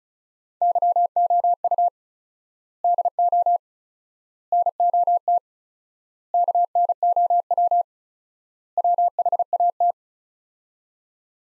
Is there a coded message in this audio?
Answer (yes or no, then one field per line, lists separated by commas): yes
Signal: Morse code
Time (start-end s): 0.6-9.9 s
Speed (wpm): 34 wpm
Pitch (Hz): 700 Hz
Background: none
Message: YOU DO NOT KNOW WHAT